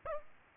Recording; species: mosquito wingbeat signal from an infrared sensor; Aedes aegypti